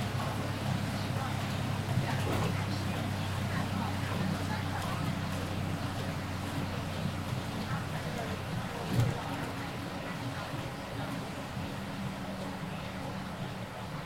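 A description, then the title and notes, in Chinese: Inside a bus leaving the city on a rainy day, a steady low engine drone fills the cabin with a constant hiss of road and rain noise above it. Faint voices murmur in the background, and a brief knock or bump sounds around nine seconds. 雨天的出城公交。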